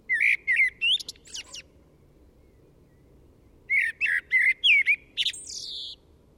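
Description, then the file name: Common blackbird song: two phrases of low mellow fluted notes, each ending in thin, high squeaky twitters, separated by a pause of about two seconds. "Turdus merula"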